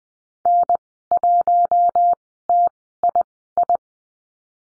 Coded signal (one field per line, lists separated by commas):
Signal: Morse code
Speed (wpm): 20 wpm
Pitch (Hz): 700 Hz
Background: none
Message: N1TII